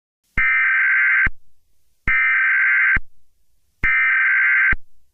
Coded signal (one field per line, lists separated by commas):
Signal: Emergency Alert System (SAME) tones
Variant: header bursts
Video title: EAS Scenario | Minions Invasion (#104)